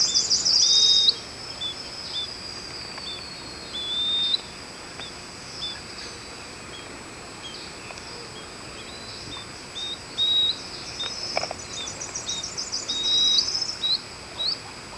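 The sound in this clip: Bird giving thin, high whistled notes, short and repeated, some falling, over steady background hiss.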